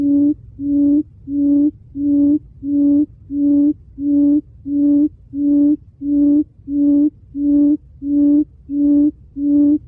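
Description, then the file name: Quail giving a rhythmic run of deep, level hoots, about fifteen notes, evenly paced and unchanging in pitch. "Tieng cut um"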